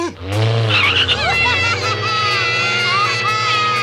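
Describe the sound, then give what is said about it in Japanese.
In Mobile Suit Gundam, a car engine drones low and steady while tires squeal loudly in a long, wavering, high-pitched screech that bends up and down for several seconds as the vehicle skids. “車を止めるんだ。止められないのか。”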